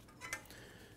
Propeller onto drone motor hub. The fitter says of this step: look at this just so simple twist and snaps in to lock